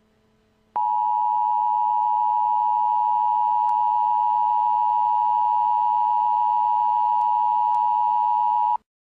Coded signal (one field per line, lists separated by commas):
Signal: Emergency Alert System (SAME) tones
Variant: 853 and 960 Hz attention tone